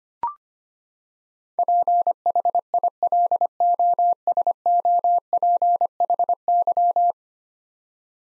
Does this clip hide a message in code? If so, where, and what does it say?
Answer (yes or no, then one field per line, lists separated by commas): yes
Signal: Morse code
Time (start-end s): 1.6-7.1 s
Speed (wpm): 25 wpm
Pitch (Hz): 700 Hz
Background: none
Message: PHILOSOPHY